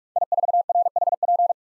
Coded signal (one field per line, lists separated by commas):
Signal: Morse code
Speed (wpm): 45 wpm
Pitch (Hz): 700 Hz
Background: none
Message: I4RHP